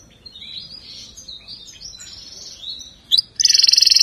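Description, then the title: Canary song: soft warbled twittering notes wavering up and down, ending in a loud, fast, even trill. "Kenari"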